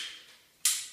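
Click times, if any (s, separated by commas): 0.7 s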